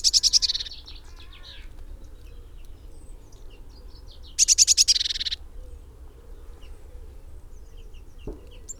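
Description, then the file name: Eurasian blue tit scolding: a buzzy churr at the start and another rapid, pulsed rattle a few seconds later, with soft high twitters and low rumbling noise throughout. "Cyanistes caeruleus"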